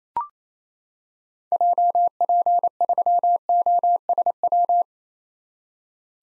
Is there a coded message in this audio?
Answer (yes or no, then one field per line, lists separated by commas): yes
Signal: Morse code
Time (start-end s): 1.5-4.8 s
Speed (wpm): 28 wpm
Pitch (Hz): 700 Hz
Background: none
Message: JP3OSW